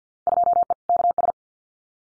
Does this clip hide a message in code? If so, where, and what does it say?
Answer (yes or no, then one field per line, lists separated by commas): yes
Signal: Morse code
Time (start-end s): 0.3-1.3 s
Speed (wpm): 48 wpm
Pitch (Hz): 700 Hz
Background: none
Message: 2E KS